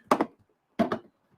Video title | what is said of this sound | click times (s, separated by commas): CR 10 Smart 3D Printer Unboxing Setup and First Print LIVE | and slides down and locks into place there we go just like that just like that | 0.1 s